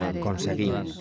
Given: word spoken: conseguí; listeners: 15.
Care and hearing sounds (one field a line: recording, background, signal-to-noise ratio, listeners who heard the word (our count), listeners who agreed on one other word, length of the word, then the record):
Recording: one Spanish word in noise, from a listening test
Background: four-talker babble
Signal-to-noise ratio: 0.7 dB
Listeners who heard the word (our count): 0 of 15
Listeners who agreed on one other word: 13 of 15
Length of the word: 0.61 s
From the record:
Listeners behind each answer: 13, 1, 1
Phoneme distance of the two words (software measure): 7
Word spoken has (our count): 3 syllables, 7 phonemes, stress on syllable 3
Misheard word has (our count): 3 syllables, 8 phonemes, stress on syllable 3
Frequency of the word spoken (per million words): 4.55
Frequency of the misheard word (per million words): 90.92